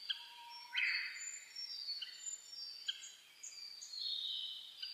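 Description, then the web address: Birds in a dawn chorus: several overlapping high whistled and trilled phrases, one bright burst near the one-second mark, a brief low whistle early on, and quieter chirps throughout. Dawn chorus recorded 10 May 2010 at about 04:01. "sounds data 2010 reimei DH-D 50-saezuri-20100510-0401"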